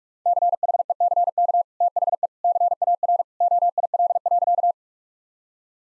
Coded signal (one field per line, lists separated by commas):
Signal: Morse code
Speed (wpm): 46 wpm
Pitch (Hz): 700 Hz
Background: none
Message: CHECK THE CAR OIL.